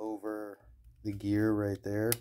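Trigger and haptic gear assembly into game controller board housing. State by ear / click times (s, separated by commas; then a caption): not seated / none. The plastic trigger and haptic gear assembly of a PS5 controller, model BDM-050, is being handled over the controller board housing during trigger replacement, rotated all the way down with a thumb over the gear. Someone talks throughout, with faint handling noise near the end. The trigger has not yet snapped back into place; nothing has seated or clicked.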